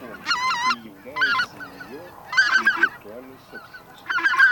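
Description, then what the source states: Greater white-fronted goose flock: overlapping nasal honks and high yelping calls in repeated bursts, with lower grunting calls from other geese beneath. Decoy lure of white-fronted goose flock chatter, from Russia.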